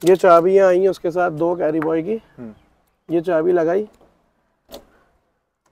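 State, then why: Seated. Someone talks, then puts one of the two keys supplied with a Carryboy canopy into the key lock on the canopy window/door of a Toyota Hilux pickup and turns it. A small click at 4.7 s marks the lock engaging, leaving the canopy locked so it will not open.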